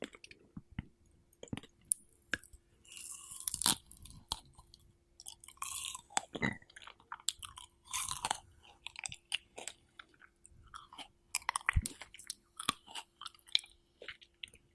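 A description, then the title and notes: Wet chewing of strawberries fills the clip, with crisp bites and squelchy mouth sounds arriving in quick irregular bursts. Sharper crunches stand out near 2, 4, 6.5, 8 and 12 seconds. A faint steady low hum runs underneath. ASMR Strawberry Eating Sounds.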